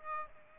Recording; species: mosquito wingbeat signal from an infrared sensor; Aedes aegypti